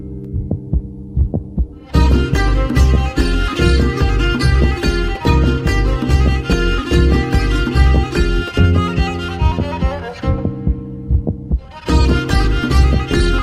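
A real adult heartbeat at about 72 beats per minute, used as percussive accompaniment to instrumental music, with the tempo slowed to match the beat.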